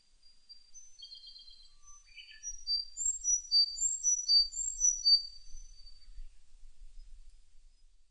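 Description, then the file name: Sakhalin leaf warbler song: a brief lower chirp or two, then a fast run of very high, thin, sharp notes lasting about three seconds, fading out. Recorded on 4 June 2006. "060604 ezomusikui"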